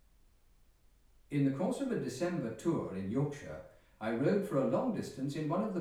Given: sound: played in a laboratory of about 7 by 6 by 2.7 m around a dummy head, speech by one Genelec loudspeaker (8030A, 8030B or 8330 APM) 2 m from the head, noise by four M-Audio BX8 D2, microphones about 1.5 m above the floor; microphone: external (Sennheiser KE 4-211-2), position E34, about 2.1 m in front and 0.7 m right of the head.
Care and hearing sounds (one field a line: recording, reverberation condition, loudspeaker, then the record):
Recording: male speech in English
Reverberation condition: medium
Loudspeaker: 120 degrees to the left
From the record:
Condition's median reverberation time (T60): about 510 ms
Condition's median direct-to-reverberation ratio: about -0.5 dB